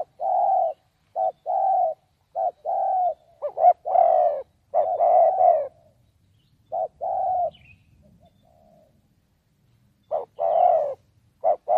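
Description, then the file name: Spotted dove giving low coos in bursts, some rougher notes mid-series, then pauses before the cooing resumes. "tieng cu dat gay"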